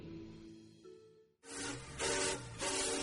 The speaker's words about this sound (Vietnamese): Rồi trên chuyến tàu về quê cuối năm, trong âm thanh sình sịch đều đặn của những chiếc bánh sắt lăn tròn trên đường sắt, ngồi đối diện với tôi là một nhà sư cao tuổi.